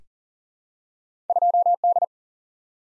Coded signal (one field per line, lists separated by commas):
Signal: Morse code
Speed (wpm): 40 wpm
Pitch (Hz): 700 Hz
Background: none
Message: 2D